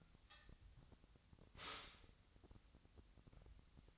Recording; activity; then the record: daily activity, microphone in the room; stop toaster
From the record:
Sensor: 3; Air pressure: 1001.9 hPa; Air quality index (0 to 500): 245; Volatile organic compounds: 48 ppm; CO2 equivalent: 3268 ppm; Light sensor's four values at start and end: 14/41/18/15 and 14/42/18/16